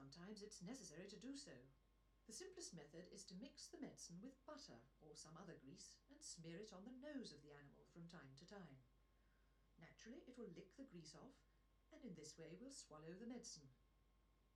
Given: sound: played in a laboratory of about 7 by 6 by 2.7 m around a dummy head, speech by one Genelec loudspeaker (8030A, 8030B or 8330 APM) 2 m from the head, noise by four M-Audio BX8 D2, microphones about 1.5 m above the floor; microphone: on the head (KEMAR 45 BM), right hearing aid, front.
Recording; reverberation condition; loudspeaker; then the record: female speech in English; low; behind (180 degrees)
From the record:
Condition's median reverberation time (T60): about 310 ms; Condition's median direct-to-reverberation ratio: about 3.5 dB